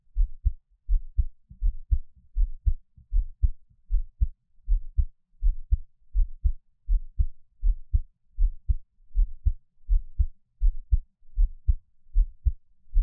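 A gentle, calm heartbeat of an adult, heard close up, with soft low-pitched beats repeating steadily.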